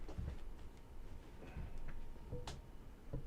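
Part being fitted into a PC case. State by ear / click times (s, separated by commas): seated / 2.5 s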